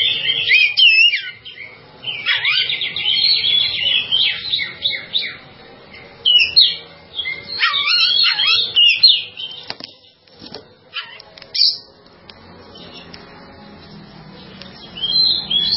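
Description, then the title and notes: Bird song in bursts of rapid chirps and warbled phrases, quick buzzy notes and short whistles in the first half, then sparser notes with quiet gaps around ten seconds. "Bird Sound. Kicau Burung Lengkap"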